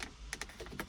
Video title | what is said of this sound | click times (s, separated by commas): Murcielago Ashtray Assembly replacement | a second but see it snapped snapped | 0.3 s, 0.4 s